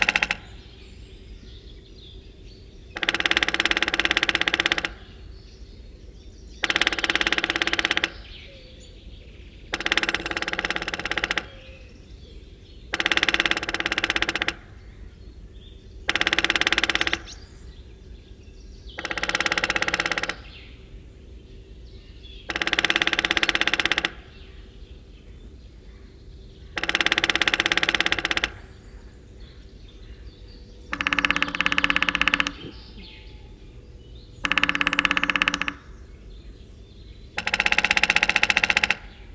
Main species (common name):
Lesser Spotted Woodpecker